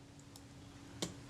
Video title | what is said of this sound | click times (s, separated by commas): Servicing a Kodak Retina IIa for a local customer, part 06 | do the same depress that hold my finger on the end of this rack and as it comes in i can feel it click in one more | 1.0 s